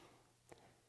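A wire circlip is worked into the wrist pin boss groove of a two-stroke piston for a Beta 125 RR or 200 RR using thumb pressure and a screwdriver. A faint tick is heard at 0.5 s against a low, steady background. The clip is only partly seated and is not yet all the way into its groove.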